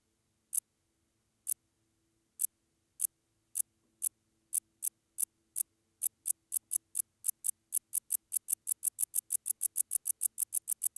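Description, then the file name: Wart-biter song: sharp dry ticks, slow and spaced at first, then speeding into a rapid, regular series of clicks. "Decticus verrucivorus"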